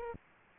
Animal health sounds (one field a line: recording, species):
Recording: mosquito wingbeat signal from an infrared sensor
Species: Aedes aegypti